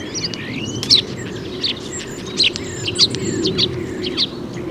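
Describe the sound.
Common starling calls: a busy mix of sharp clicks, squeaky whistles and rasping chirps over a steady low background hum.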